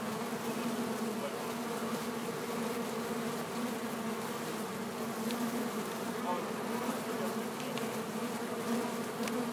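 Bees buzzing in a steady, dense hum with a low droning pitch, many wings blending into one continuous drone throughout.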